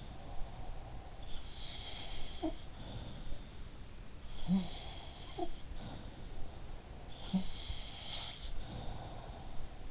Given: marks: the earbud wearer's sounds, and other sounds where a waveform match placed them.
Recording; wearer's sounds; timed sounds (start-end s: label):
sounds in sleep by an in-ear microphone; breath
0.00-2.38 s: breath
1.19-3.68 s: sound from someone else or the room
4.31-6.58 s: sound from someone else or the room
7.16-9.65 s: sound from someone else or the room